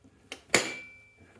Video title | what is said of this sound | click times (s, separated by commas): Honda Navi Seat: Unlock, Remove, Replace, and Lock | clockwise you'll hear a click | 0.5 s